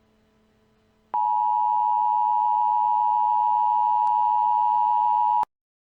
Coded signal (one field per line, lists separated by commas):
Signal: Emergency Alert System (SAME) tones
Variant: 853 and 960 Hz attention tone